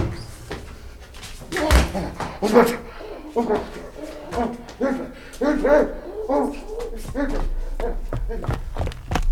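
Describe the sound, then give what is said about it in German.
A door bangs and a young man who was standing behind it falls heavily against someone, followed by a few sharp knocks and scuffles amid excited, overlapping voices. “Er ist auf mich gefallen. Er stand hinter der Tür.”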